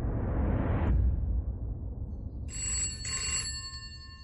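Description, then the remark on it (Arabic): A low rumbling whoosh fades out, then a telephone bell rings in two quick bright bursts with a brief gap between them, the shrill tone lingering at the end. It is the call Poirot is summoned to answer on the afternoon of the second day. “استدعي للإجابة على الهاتف بعد ظهر اليوم الثاني.”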